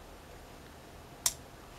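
A plastic leg segment of a Transformers Titans Return Legends Class Wheelie figure is rotated on the other leg until it pegs into the leg. A single sharp, loud click is heard at 1.3 s against quiet background. The segment seats in place.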